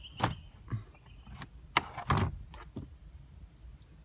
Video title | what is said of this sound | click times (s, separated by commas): Ford Ranger Mk2 Ranger 10.1" Screen Installation | You'll hear the pop. | 1.8 s